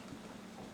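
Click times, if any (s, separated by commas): none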